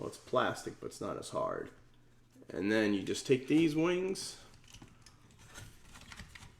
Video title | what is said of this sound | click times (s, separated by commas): Transformers Shattered Glass JETFIRE Commander Class Review *Exclusive* (4K Version) | and just and they'll click into place and they'll click into place so now we got the wings done | 6.1 s, 6.4 s